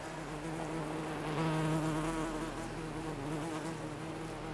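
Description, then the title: Bee buzzing, a strong continuous drone with a bright hum that peaks midway, then settles into a steady, slightly fluttering tone. Bees buzzing in a garden on a sunny summer day in Jette, Belgium; Sony PCM-D100 internal microphones, wide position. "Rue Jean Baudoux 40, 1090 Jette, Belgique - Bees in the garden"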